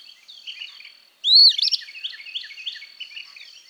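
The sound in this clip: Eastern phoebe delivering one rough, slurred fee-bee phrase, followed by softer notes and a constant high whine.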